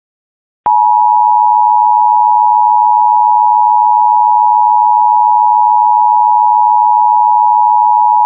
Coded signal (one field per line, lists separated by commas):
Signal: Emergency Alert System (SAME) tones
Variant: 853 and 960 Hz attention tone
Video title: Sacramento Required Monthly Test (EAS #977-984) 3/3/25